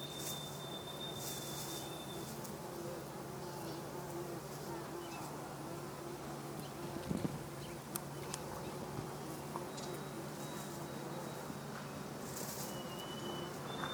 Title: Bees, Gros Morne National Park, Newfoundland, Canada in August 2022